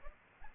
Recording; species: mosquito wingbeat signal from an infrared sensor; Aedes albopictus